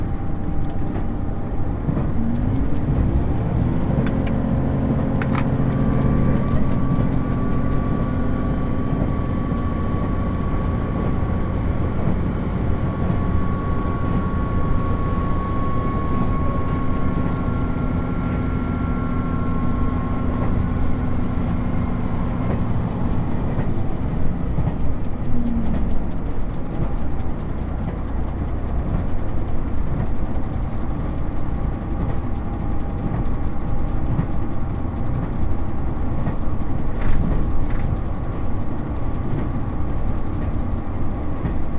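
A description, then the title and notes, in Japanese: A ride on the Uwakai No. 5 limited express on the Yosan Line, from Iyo-Ozu toward Uwajima. A steady, dense low rumble runs throughout, with thin whining tones that rise and fade through the first half. Brief sharp clicks sound near five and thirty-seven seconds. 予讃線特急宇和海5号 伊予大洲→宇和島。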